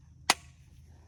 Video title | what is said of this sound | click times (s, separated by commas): HUXWRX Rad9 | You really got to make sure you can hear that good positive click | 0.3 s